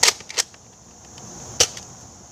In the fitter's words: until you hear it click and then